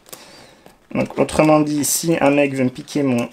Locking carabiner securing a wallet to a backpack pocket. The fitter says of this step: avec juste le petit clic entraînements